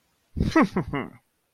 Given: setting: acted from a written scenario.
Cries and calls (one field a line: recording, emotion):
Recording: vocal sound without words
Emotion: pride